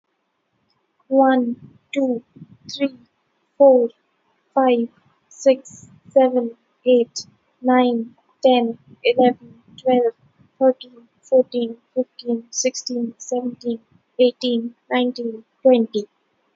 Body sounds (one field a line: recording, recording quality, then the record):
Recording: counting at a normal pace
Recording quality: excellent, no background noise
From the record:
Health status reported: healthy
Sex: female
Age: 25 years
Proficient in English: yes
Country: India